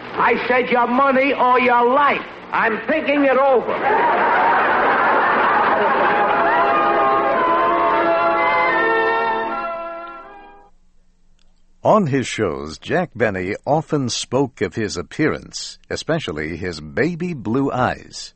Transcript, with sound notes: I said, your money or your life!" BENNY: "I'm thinking it over." (LAUGHTER / MUSIC) On his shows, Jack Benny often spoke of his appearance, especially his baby blue eyes.